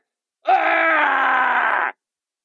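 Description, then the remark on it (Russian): A single loud, drawn-out menacing shout, muffled and hollow through a cardboard box worn on the shouter's head, holding a fairly steady pitch for about a second and a half before cutting off. “Картонная коробка на голове искажала его голос, и потому его крики звучали незнакомо и очень страшно.”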